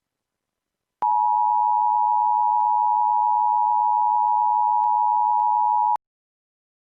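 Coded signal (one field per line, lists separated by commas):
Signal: Emergency Alert System (SAME) tones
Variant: 853 and 960 Hz attention tone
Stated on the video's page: Alabama Required Monthly Test and NWS flash flood warning EAS tones relayed on WDFA.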